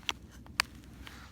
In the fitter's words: and it locks in pretty nicely. I'll just let you hear the click.